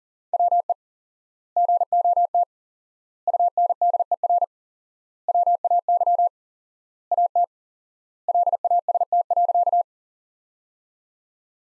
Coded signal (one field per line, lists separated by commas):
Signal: Morse code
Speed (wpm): 40 wpm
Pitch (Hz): 700 Hz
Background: none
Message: WE GOT UNDER WAY AT LAST.